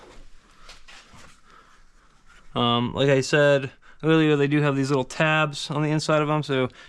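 A plastic dash screen cover is handled and positioned so the small tabs on its inside line up with their tab holes, before it is pushed home. Faint handling noise is heard for the first couple of seconds, then someone talks. No tab has clicked into place yet.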